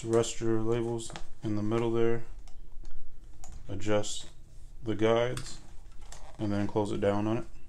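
Someone talks while loading labels into a Rollo label printer, resting them in the middle and adjusting the guides before starting to close the plastic printer lid down over them. A few faint handling clicks are heard between the speech. The clip ends before the lid snaps shut, so nothing has seated or clicked yet.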